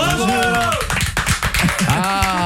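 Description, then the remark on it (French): A small studio team on the Cauet show claps in scattered, uneven bursts while several voices talk and call out over it, the sharp hand claps cutting through the chatter for a couple of seconds. “Vous pouvez m'applaudir”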